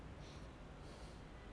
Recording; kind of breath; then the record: one breath in and out by a microphone near the nose and mouth; normal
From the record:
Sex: male